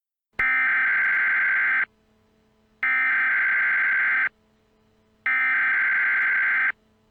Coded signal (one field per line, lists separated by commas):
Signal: Emergency Alert System (SAME) tones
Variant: header bursts